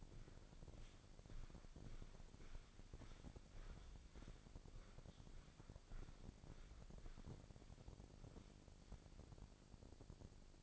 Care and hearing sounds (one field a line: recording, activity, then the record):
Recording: daily activity, microphone in the room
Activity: walk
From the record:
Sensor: 5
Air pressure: 1009.4 hPa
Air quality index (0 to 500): 141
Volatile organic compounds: 2 ppm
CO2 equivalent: 1094 ppm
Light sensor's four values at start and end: 309/728/315/352 and 309/728/315/351